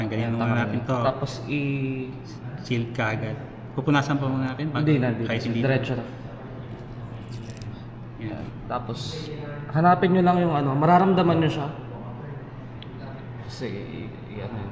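A plastic lens guard is placed and lined up over the lens of an Insta360 X4 360 camera before being pressed home. Someone talks throughout, with small, sharp handling taps near 7.5, 7.6 and 12.8 seconds. The guard has not clicked or locked into place yet.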